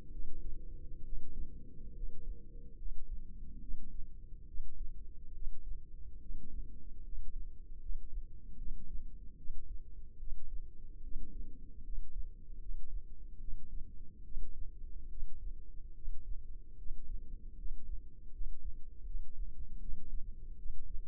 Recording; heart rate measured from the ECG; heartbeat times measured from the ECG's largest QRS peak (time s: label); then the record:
heart sounds by microphone in the left ear; 73 bpm
0.09 s: heartbeat
1.02 s: heartbeat
1.92 s: heartbeat
2.75 s: heartbeat
3.58 s: heartbeat
4.44 s: heartbeat
5.31 s: heartbeat
6.19 s: heartbeat
7.01 s: heartbeat
7.78 s: heartbeat
8.55 s: heartbeat
9.35 s: heartbeat
10.17 s: heartbeat
11.00 s: heartbeat
11.82 s: heartbeat
12.58 s: heartbeat
13.38 s: heartbeat
14.22 s: heartbeat
15.07 s: heartbeat
15.92 s: heartbeat
16.75 s: heartbeat
17.55 s: heartbeat
18.30 s: heartbeat
19.04 s: heartbeat
19.78 s: heartbeat
20.55 s: heartbeat
From the record:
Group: healthy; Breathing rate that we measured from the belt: 12 breaths a minute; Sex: female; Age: 32 years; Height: 168 cm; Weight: 61.9 kg